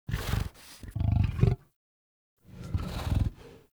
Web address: Soulframe. Wolf Vocals Movement Wolf Growl Relaxed Jog